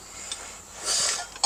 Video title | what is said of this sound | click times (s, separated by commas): Master Motorcycle Maintenance with KTM Pro XP: Essential Tips & Tricks | ये सब simple simple very easy things just that you have never thought about it या करने का try नहीं किया है इसीलिए जब पुश किया तो वो अपने आप क्लिप हो गया | 0.3 s